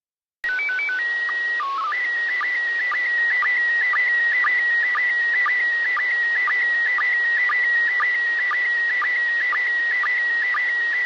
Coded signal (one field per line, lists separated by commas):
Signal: SSTV (slow-scan television)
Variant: PD 120